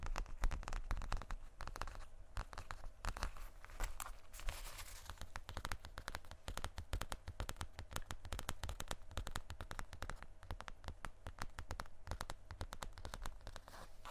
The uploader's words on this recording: ASMR Tapping On Random Objects.